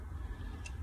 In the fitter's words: clac il se clipse là-dedansin donc je pas pousser sinon je je vais coincer mon câble mais voyez clic et